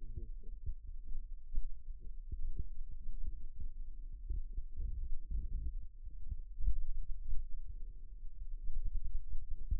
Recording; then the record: forearm muscle sounds (acoustic myography)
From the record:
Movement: rest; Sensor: system 2, bracelet of six BSWA MPA416 microphones around the upper forearm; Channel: 1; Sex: male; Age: 22 years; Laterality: right